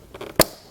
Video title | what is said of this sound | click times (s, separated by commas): etrailer - Curt T-Connector Vehicle Wiring Harness Installation - 2011 Kia Sportage | slide it into our tail light you heard that nice click give it a little pull make sure we're not going anywhere | 0.4 s